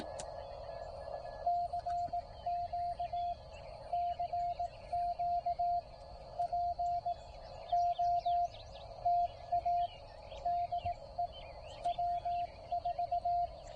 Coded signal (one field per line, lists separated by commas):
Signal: Morse code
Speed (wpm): 18 wpm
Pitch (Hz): 700 Hz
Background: radio noise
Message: CQ CQ POTA DE W4